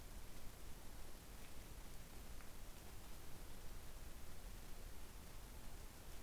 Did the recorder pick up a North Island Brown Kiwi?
no